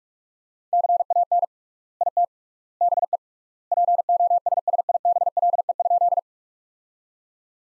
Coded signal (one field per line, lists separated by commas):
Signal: Morse code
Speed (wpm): 46 wpm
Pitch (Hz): 700 Hz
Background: none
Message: CAN IT BE POSSIBLE?